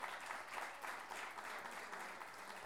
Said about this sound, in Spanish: Y por último, este gran aplauso es para ustedes mismos por estar acá. Muchas gracias y buenas noches.